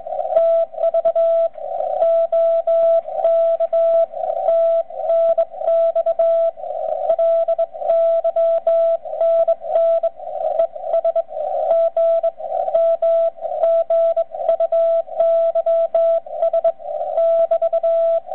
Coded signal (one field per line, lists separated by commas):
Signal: Morse code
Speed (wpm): 21 wpm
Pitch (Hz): 660 Hz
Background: radio noise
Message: TV OK TNX LYNN ES G M GUYS <BT>